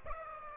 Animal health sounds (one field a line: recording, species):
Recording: mosquito wingbeat signal from an infrared sensor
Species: Aedes aegypti